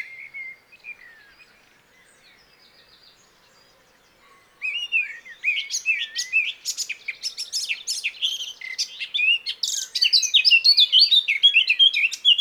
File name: Sylvia atricapilla